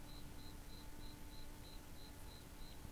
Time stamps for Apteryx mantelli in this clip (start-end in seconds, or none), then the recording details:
none. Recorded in New Zealand on 11 December 2014. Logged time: 22:44. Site CF20